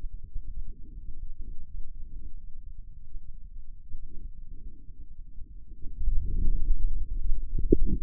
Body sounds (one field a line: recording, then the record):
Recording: forearm muscle sounds (acoustic myography)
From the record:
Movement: outward rotation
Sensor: system 2, bracelet of six BSWA MPA416 microphones around the upper forearm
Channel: 3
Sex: male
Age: 22 years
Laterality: right